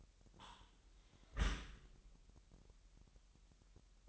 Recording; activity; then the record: daily activity, microphone in the room; close dishwasher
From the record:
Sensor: 3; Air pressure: 998.3 hPa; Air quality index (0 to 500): 147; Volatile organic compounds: 5 ppm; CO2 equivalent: 1761 ppm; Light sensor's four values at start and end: 13/39/16/14 and 13/39/16/14